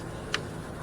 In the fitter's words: Okay, you heard it click.